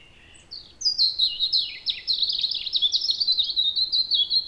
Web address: pub SETE data Erithacus rubecula